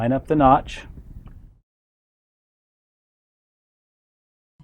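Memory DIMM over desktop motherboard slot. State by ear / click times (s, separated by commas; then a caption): not seated / none. Someone talks while a memory DIMM is lined up with the notch and positioned over the DIMM slot of a desktop motherboard. A few faint handling sounds follow, then near silence with a soft noise at the very end. The module has not been pushed down, and nothing has seated or clicked yet.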